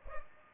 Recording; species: mosquito wingbeat signal from an infrared sensor; Culex pipiens